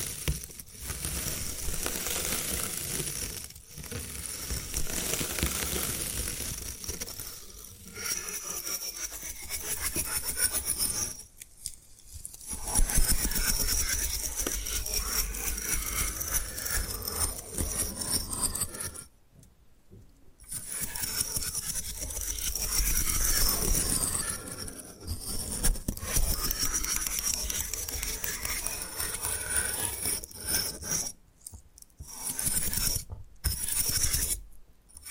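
Bamboo being scratched and brushed in long rasping strokes, a dense, gritty texture with a bright edge that keeps going with little variation. Short silent gaps break it up near 12, 19–20, 31 and 34 seconds, with a few sharper taps between strokes.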